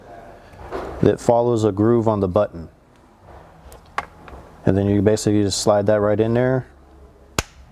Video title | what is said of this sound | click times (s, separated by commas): How To Install a Fog Light - 2017 Subaru Forester | push it to you hear click and there's your foglight button | 7.4 s